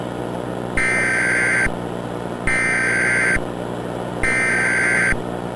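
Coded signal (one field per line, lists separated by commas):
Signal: Emergency Alert System (SAME) tones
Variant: header bursts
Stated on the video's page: EAS mock alert.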